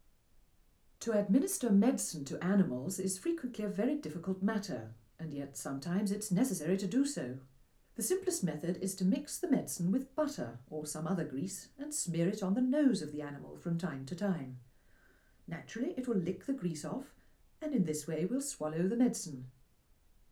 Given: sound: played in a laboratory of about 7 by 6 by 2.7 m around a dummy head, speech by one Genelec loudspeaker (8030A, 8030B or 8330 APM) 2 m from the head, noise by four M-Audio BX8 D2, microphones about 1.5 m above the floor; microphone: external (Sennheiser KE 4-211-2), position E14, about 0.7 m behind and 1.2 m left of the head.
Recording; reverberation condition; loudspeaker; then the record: female speech in English; low; behind (180 degrees)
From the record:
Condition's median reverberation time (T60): about 310 ms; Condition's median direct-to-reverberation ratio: about 3.5 dB